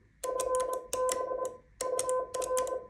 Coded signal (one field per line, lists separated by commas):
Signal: Morse code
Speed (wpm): 21 wpm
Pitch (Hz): 1020 Hz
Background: none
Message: FB UR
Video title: Typical Morse Contact Vol. 1（一般的なモールス交信 その1）